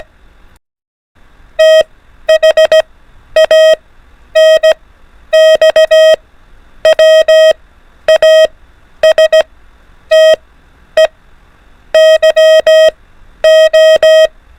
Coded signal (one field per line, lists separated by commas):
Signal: Morse code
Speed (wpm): 16 wpm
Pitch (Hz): 630 Hz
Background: none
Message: THANX WASTE YO